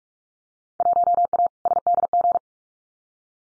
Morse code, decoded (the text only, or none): 1A SDG